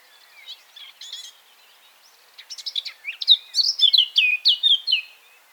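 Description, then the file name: Eurasian blackcap song: a few soft scratchy notes, then a loud run of clear whistled phrases repeated rapidly in the last three seconds. "Sylvia atricapilla"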